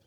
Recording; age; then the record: pig call; piglet (1 to 25 days)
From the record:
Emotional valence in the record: positive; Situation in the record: short reunion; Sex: male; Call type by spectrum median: low-frequency call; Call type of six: low-frequency tonal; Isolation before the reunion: 3 minutes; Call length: 0.06 s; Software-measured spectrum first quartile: 248 Hz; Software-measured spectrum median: 1076 Hz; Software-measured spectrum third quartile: 5213 Hz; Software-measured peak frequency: 102 Hz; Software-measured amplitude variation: 15 dB a second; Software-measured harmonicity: 2.7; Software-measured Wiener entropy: -1.97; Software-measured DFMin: 1029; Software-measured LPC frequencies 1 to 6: 502, 1545, 3272, 4415, 5685, 6564 Hz